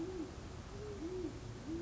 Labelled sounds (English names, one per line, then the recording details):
Great Horned Owl
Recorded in Sonoma County, California